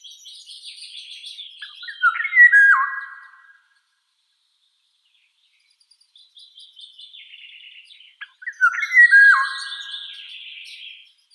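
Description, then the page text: Eurasian golden oriole repeating its melodious fluting phrase twice, each introduced by soft chattering notes, with a silent gap in between. "Иволга обыкновенная (Oriolus oriolus) - Пение"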